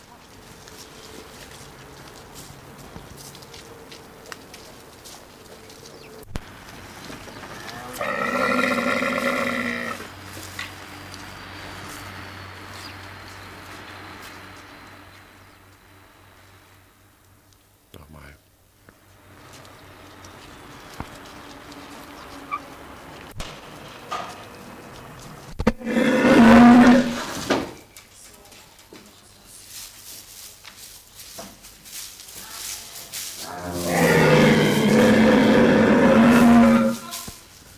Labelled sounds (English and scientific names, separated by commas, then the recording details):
One-humped Camel (Camelus dromedarius)
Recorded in captivity
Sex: pair
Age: adult
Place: Zoo Rostock, Mecklenburg-Vorpommern, DE
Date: 1984-02-02 13:36
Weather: overcast, 2°C
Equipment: Nagra SN, Kopie Uher 4000 Report Monitor
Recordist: Tembrock, Günter